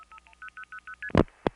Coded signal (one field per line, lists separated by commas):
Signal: multi-frequency trunk signalling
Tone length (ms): 80 ms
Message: 10000ST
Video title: The Sounds of Long Distance pgm 15:4M & XBT Audible Dialpulsing; France; Forced Reroutes, 1974-82